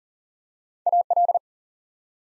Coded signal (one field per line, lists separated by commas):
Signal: Morse code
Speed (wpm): 40 wpm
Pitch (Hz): 700 Hz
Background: none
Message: AL